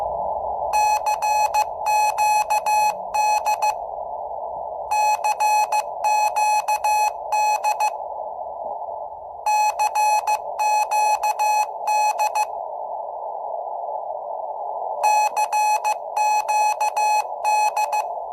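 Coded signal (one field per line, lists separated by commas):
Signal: Morse code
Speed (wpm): 15 wpm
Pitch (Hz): 850 Hz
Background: none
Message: CQD CQD CQD CQD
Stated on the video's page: Search for the Titanic's CQD distress signal on a CW frequency, using a transmitting antenna near Halifax.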